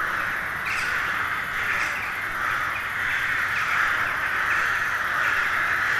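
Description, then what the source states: Crows in a dense chorus, many harsh overlapping caws merging into a constant raucous din, with a few louder calls standing out. Hundreds of crows gathering at dusk in winter to settle for the night in a poplar wood at Neuflize.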